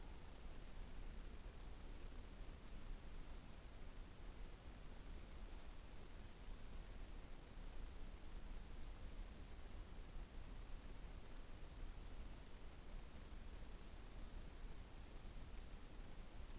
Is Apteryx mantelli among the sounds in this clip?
no